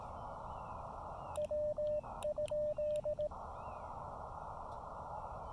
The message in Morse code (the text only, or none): W?